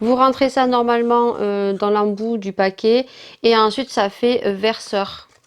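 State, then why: Not seated. Someone talks while handling a plastic bag-sealing clip with a pour spout that clips onto food bags such as pasta, rice or coffee bags. The speech runs nearly the whole clip and fades out near the end. Nothing has seated or clicked yet.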